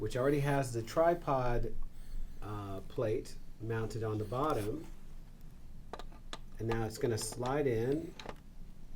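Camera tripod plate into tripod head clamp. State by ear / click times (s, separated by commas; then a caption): not seated / none. A camera with its tripod plate already mounted on the bottom is handled and brought to a tripod head's clamp, ready to be slid in. Someone talks, and short faint knocks and taps of handling are heard between about 5.4 and 9.0 seconds. Nothing has seated or clicked yet.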